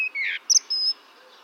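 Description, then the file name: Eurasian blackbird calls: a couple of slurred notes, a brief sharp double note, then a level high whistle. "Turdus merula"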